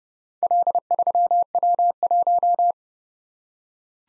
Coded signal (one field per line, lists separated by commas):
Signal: Morse code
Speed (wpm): 30 wpm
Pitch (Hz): 700 Hz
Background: none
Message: L3W1